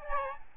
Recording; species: mosquito wingbeat signal from an infrared sensor; Aedes albopictus